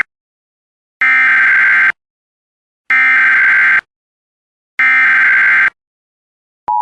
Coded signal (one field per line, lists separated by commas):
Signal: Emergency Alert System (SAME) tones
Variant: header bursts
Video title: EAS Compilation of Only Civil (Non-Weather) Alerts Vol. 2